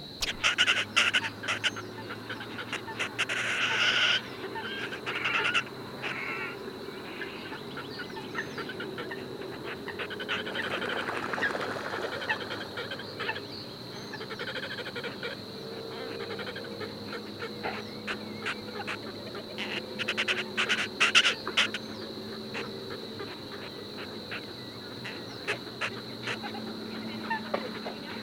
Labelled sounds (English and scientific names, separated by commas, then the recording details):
Red-necked Grebe (Podiceps grisegena) call
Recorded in the wild
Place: Schwerin, Großer Dambecker See, Mecklenburg-Vorpommern, DE
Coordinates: 53.781, 11.392
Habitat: lake
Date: 1975-05-10
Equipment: Nagra III BH, Sennheiser MD 21, parabola
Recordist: Schubert, Michael